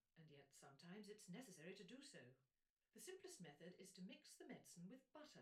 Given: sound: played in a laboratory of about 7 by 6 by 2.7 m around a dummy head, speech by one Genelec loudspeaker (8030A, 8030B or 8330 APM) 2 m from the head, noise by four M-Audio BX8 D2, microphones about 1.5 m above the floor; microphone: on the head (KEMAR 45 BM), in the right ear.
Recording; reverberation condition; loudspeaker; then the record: female speech in English; low; 30 degrees to the left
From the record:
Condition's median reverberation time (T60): about 310 ms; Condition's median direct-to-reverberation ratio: about 3.5 dB